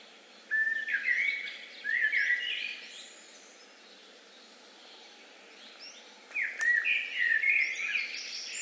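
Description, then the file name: Common blackbird song: two fluted phrases with higher, thinner notes, separated by a quiet gap of a few seconds. "Turdus merula"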